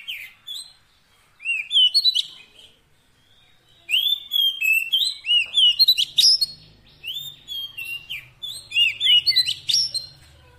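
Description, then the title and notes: Oriental magpie-robin song: phrases of clear, rising and falling whistles mixed with sharp chirps, given in bursts with short pauses between them. Fill-in (isian) song meant to make the bird sing loudly (gacor) day and night. "Kacer Jadi Gacor Siang Malam. Isian Kacer"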